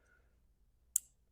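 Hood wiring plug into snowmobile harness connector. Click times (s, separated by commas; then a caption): 1.0 s. The hood wiring plug is pushed into its mating harness connector on a snowmobile, with only faint low hum beforehand. A single sharp, bright click lands at 1.0 s and fades quickly. The plug is seated and locked in place.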